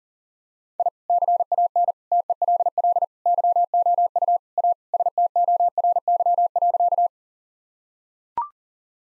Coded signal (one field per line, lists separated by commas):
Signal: Morse code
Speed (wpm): 37 wpm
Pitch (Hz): 700 Hz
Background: none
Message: I CAN TELL YOU A STORY.